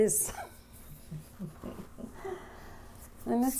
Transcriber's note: chuckles